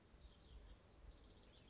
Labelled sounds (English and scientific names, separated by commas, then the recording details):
House Wren (Troglodytes aedon)
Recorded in Sonoma County, California